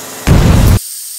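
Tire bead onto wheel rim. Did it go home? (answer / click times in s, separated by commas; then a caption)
no / none. A tire is inflated further to try to seat its bead onto the wheel rim. A loud, broadband rush of air starts suddenly at about 0.3 s and cuts off at about 0.8 s, leaving a faint hiss. Nothing seats or clicks, and the bead is still not seated on the rim.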